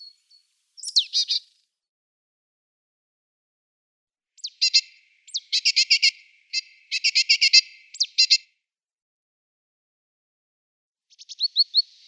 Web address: Schulze Peter Great Tit calls